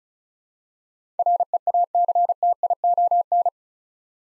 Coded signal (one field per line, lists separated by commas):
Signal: Morse code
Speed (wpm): 34 wpm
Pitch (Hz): 700 Hz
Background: none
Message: REACTION